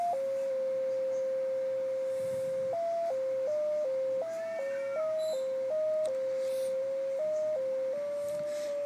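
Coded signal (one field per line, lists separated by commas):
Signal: JT65, JT9 or WSPR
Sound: one steady tone hopping between slightly different pitches every fraction of a second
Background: room noise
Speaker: okay now we're keyed again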